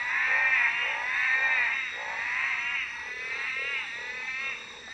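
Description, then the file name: Tree frogs calling together with quavering, bleating notes, then lower short honks repeating about twice a second, against constant high-pitched background hiss. Recorded at Black Mountain at night, 21:53 on 13 November 2013. "21 h 53 m 17 s 13 nov 2013 Black Mountain Night 3-OT-Treefrog"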